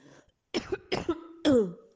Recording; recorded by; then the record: voluntary cough; messaging app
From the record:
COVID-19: negative